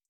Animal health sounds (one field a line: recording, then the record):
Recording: hydrophone in a shrimp aquaculture tank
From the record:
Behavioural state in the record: feeding